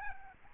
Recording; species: mosquito wingbeat signal from an infrared sensor; Aedes albopictus